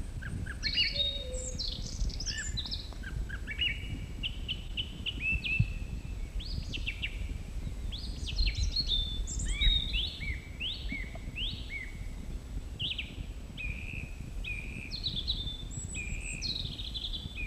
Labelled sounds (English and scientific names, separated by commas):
Song Thrush (Turdus philomelos) song